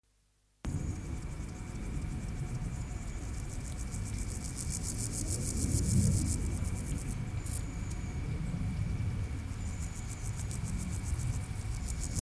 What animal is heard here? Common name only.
Water-meadow Grasshopper